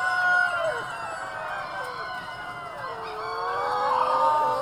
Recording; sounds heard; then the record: poultry house recording; healthy chickens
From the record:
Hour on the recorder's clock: 3